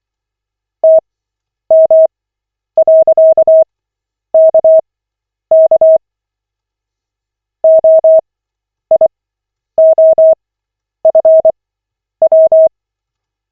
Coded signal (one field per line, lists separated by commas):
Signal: Morse code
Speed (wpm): 24 wpm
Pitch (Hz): 640 Hz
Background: none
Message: TM.KK OIOFW